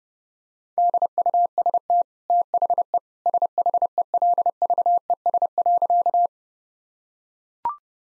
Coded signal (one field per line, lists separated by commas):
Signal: Morse code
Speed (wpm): 30 wpm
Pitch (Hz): 700 Hz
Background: none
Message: DUST THE SHELVES.